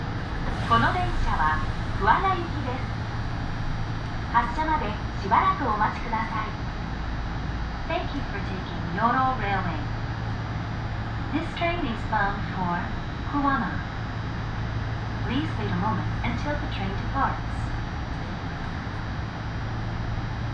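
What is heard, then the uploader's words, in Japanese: Aboard a Yoro Railway train between Ibi, Ogaki and Yoro, voices talk in short bursts through the whole stretch. Beneath them runs a steady low rumble with a constant hum from the train, which stays even and never drops away. 養老鉄道 揖斐→大垣→養老。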